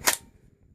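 A polymer PTS EPM airsoft rifle magazine is pushed into the lower receiver's magwell, and the catch locks it in with a sharp, loud click at 0.1 s, followed by a quicker, softer tick just after. The sound then fades to near silence, and the magazine is seated.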